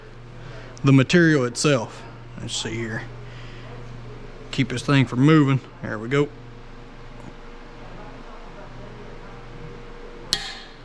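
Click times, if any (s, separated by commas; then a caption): 10.3 s. A click-type torque wrench tightens a stud fastener on a 7.3 Powerstroke engine short block while someone talks over a steady low hum. The wrench gives one sharp, solid click at 10.3 s as it reaches its torque setting.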